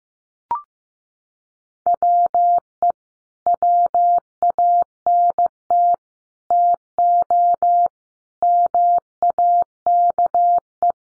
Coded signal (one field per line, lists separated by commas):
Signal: Morse code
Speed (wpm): 15 wpm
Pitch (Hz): 700 Hz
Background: none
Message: WE WANT TO MAKE